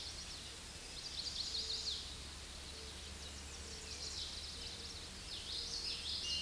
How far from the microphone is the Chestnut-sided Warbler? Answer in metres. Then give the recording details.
about 45 m. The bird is about 5 m above the microphone. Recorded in a Pennsylvania forest on 16 May 2024 at 07:43. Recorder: AudioMoth, point MSD-1418. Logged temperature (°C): 16.4 °C. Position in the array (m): 171 m, 175 m